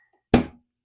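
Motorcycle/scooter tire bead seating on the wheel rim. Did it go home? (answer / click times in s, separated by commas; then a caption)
yes / 0.3 s. A motorcycle or scooter tire, inflated under a ratchet strap, has the strap released, and the rubber tire bead snaps outward onto the metal rim seat. A single loud, sharp pop is heard at 0.3 s, ringing briefly before fading out. The bead is seated on the rim.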